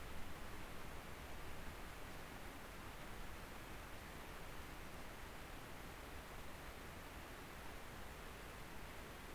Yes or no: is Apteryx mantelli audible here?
no